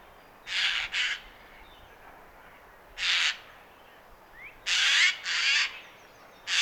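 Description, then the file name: Eurasian jay giving harsh, rasping screeches, mostly in close pairs: a pair near the start, a single one around three seconds, another pair near five seconds, and one more at the end; quiet background between calls. "Garrulus glandarius"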